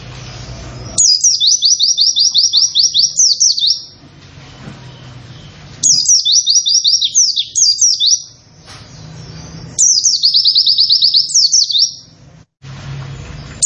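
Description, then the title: White-eye song: several long runs of rapid, high, downslurred 'wit' notes, a few seconds apart, with low humming background between runs. Long 'wit wit wit' song delivered in the 'nembak' style; the bird is described as 'gacor', actively singing. "Pleci nembak wit wit wit panjang"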